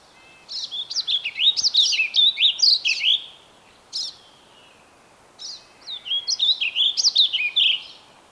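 Bird song of quick, high chirping phrases with sweeping, warbled notes, two bursts separated by a short pause and a single isolated note.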